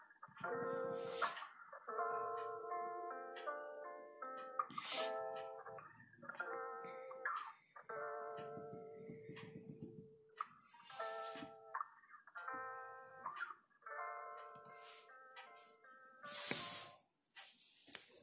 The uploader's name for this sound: Lofi study with me with pencil, page flipping and typing ASMR